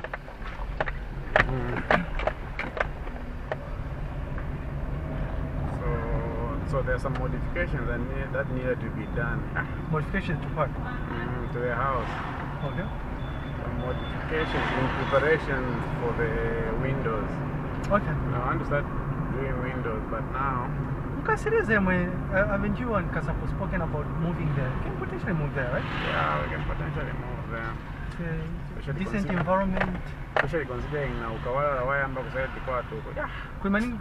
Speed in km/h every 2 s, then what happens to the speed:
7, 12, 21, 28, 29, 29, 24, 28, 35, 38, 36, 33, 32, 26, 16, 14, 14.
0-6 speeds up to 28. 6-13 steady at about 28. 13-17 speeds up to 38. 17-28 slows to 16. 28-34 steady at about 14.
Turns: none.